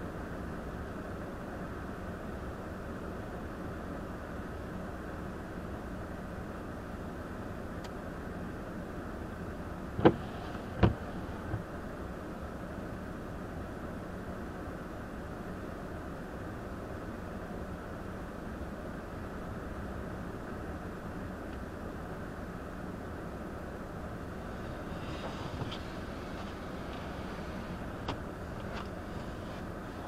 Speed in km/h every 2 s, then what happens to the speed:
0, 0, 0, 0, 0, 0, 0, 0, 0, 0, 0, 0, 0, 0, 0.
0-30 standing.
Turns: none.